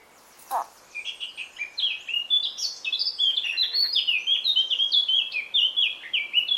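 Eurasian Blackcap song: a fast, chattering warble of varied notes running for about five seconds, after a brief lower sound at the start.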